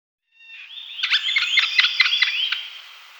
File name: middle spotted woodpecker